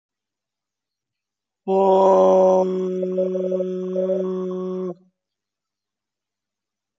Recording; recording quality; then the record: sustained vowel as in boot; moderate, slight background noise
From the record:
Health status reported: COVID-19 positive, moderate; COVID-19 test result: positive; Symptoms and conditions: cough, cold, breathing difficulty, sore throat, fever, fatigue, diabetes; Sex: male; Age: 45 years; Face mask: worn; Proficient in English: yes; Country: India